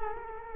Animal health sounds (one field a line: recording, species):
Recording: mosquito wingbeat signal from an infrared sensor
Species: Culex quinquefasciatus